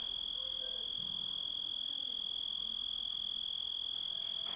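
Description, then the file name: Grasshopper song, a continuous high whine held without change for the whole few seconds, over quiet background noise. Composite recording of grasshopper sounds. "engisprettur"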